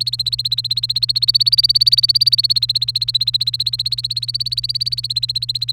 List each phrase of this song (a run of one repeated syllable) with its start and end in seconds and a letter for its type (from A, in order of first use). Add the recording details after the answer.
0.00-5.72 A. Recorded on 30 April 2018 at 15:34. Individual llb3